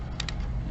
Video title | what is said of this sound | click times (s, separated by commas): MODE Dreamcast Mount | and it just kind of snaps in place you're going to look for this | 0.2 s, 0.3 s